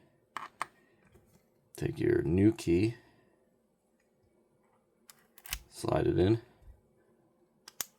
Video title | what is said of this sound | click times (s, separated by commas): How to rekey a Kwikset SmartKey Storeroom Lock | Go back. You hear that little click? | 7.8 s